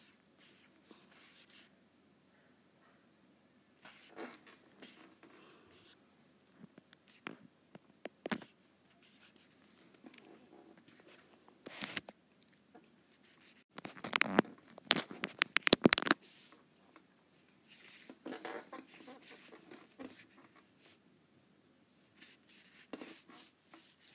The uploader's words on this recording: ASMR Apple Pencil on iPad.